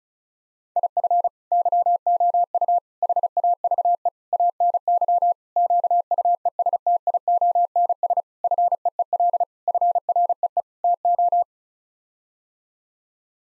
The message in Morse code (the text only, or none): IF YOU HAVE ANY QUESTIONS FEEL FREE TO